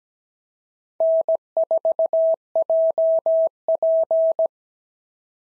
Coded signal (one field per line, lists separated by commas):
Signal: Morse code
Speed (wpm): 16 wpm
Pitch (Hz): 650 Hz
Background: none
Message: N4JP